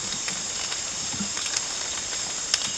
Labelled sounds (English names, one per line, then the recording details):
none
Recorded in dense forest near Puerto Asís, Putumayo, Colombia, on 8 March 2025 at 03:30
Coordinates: 0.486, -76.317
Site G053